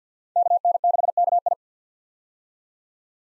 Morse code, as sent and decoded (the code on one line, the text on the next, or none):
-.- -. -.... -.- ..
KN6KI